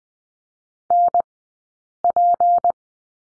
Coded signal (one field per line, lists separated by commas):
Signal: Morse code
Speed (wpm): 20 wpm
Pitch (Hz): 700 Hz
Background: none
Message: NP